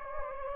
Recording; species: mosquito wingbeat signal from an infrared sensor; Anopheles gambiae